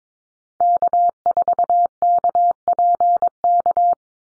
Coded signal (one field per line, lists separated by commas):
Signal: Morse code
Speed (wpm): 22 wpm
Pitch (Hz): 700 Hz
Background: none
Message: K4KPK